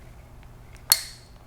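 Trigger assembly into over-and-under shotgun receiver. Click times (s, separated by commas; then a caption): 0.9 s. The trigger assembly of a Benelli 828 U over-and-under shotgun is slid up into the steel receiver front edge first and then pressed home at the back. After two faint ticks near 0.4 and 0.8 seconds, a single sharp, bright metallic snap rings out at 0.9 seconds with a short ringing tail. The assembly is seated in the receiver.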